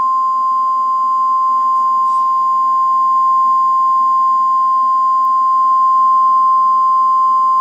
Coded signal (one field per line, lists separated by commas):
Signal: Emergency Alert System (SAME) tones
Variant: 1050 Hz attention tone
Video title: [ORIGINAL] - Emergency Alert System - Tornado Warning for Knoxville, TN (March 2, 2012)